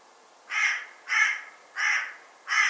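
Bird calling with four harsh, hoarse caws at an even pace, each about a third of a second long, over a faint background hiss.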